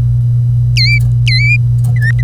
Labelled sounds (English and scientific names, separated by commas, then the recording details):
Domestic Canary (Serinus canaria) song
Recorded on 25 April 2018 at 08:45
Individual llb3